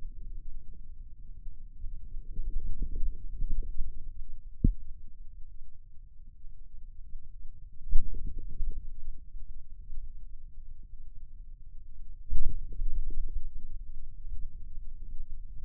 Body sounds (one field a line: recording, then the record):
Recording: forearm muscle sounds (acoustic myography)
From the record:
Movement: outward rotation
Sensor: system 2, bracelet of six BSWA MPA416 microphones around the upper forearm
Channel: 1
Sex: male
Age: 22 years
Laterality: right